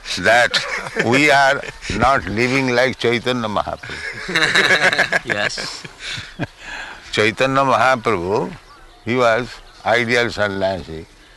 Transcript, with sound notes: that we are not living like Caitanya Mahāprabhu. [laughter]
Yes.
Caitanya Mahāprabhu, He was ideal sannyāsī,